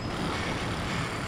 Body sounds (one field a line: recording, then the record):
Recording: background sound without coughing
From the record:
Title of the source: 30 MINUTES Construction Site Ambience (CC BY 4.0)